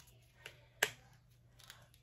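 A clip-on attachment is pulled off the body of an ANCwear mini portable Bluetooth speaker. After a faint tick, a single sharp snap at 0.8 s marks the part coming free, followed by a few soft handling clicks. The attachment ends up released from the speaker.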